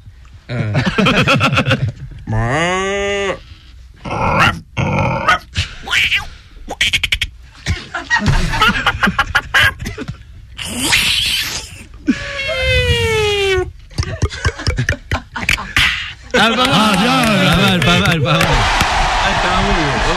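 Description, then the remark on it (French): One voice runs through a rapid string of imitations: a mooing cow, a crowing rooster, a barking dog, a meowing cat, a fizzing drink can, then a roaring, pitch-swooping Formula 1 car. “Alors, la vache, le coq, le chien, le chat, la le bruit 1. De la canette et une Formule 1.”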